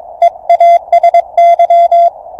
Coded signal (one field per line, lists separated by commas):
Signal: Morse code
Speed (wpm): 22 wpm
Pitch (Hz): 690 Hz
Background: none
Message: EASY